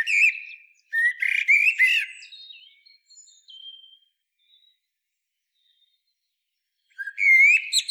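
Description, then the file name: Common blackbird calls: a loud burst of squeaky warbled notes at the start, a few faint whistles, a long quiet gap, then another loud burst near the end. "Turdus merula"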